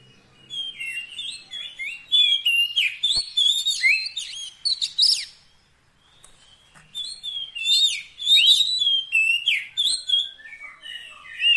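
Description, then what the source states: Oriental magpie-robin song of long, fast runs of varied whistles and twittering notes, pausing briefly around the middle before resuming. Long-duration fill-in (isian) training song meant to make a magpie-robin sing constantly (gacor) day and night.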